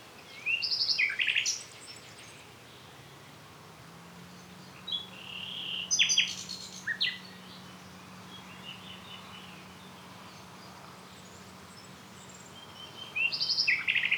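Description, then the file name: Common nightingale song in separate bursts: a fast, rattling series of repeated notes, then a mix of whistles and clicks, with a further rapid burst near the end. "Luscinia megarhynchos"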